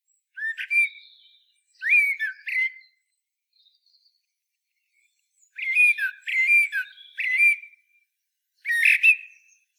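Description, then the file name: Common blackbird singing: short rising and falling fluted whistles in bursts, several brief phrases separated by pauses, some closing with a sharp high squeak. "Turdus merula"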